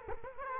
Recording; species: mosquito wingbeat signal from an infrared sensor; Culex quinquefasciatus